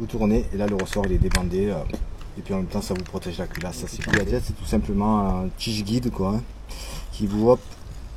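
A 3D-printed plastic rod guide and spring-decocking tool is handled at the bolt of a CZ 457 Varmint bolt-action rifle, where it is inserted and turned to relieve the spring and protect the bolt and chamber during barrel cleaning. Someone talks throughout over faint handling noises. Nothing has seated or clicked into the bolt yet.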